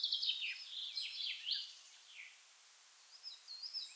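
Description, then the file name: Common chaffinch phrase: a quick run of bright, slurred notes that descends, followed by a quieter pause and a few faint high chirps at the end. "Fringilla coelebs"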